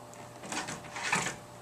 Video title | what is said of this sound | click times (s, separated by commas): How to Hang with Z Bar | and I'm going to go up until I hear it click | 0.5 s